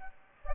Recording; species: mosquito wingbeat signal from an infrared sensor; Aedes aegypti